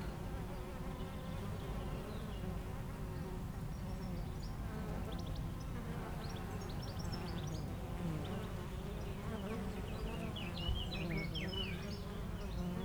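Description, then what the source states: Honey bees buzz in a dense, wavering drone, with bursts of high bird chirps and twitters joining in the second half. Foraging honey bees flying back and forth to flowers between two hives in a garden apiary, Aix-les-Bains, France; a few birds in the neighbouring wood.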